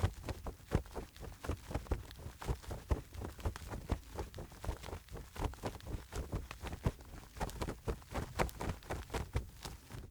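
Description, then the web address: Bird wings flapping: many soft, dull beats in a long, steady run. Calm wing flapping. "en soundpool sounds natur-tiere voegel"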